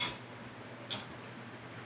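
A swing-away tire carrier arm on a rear bumper is swung closed and latched, with its bottom safety latch pushed in so the carrier has no play under the weight on the back while driving. A sharp metal click at 0.9 s marks the latch snapping shut. The tire carrier latch is seated and locked closed.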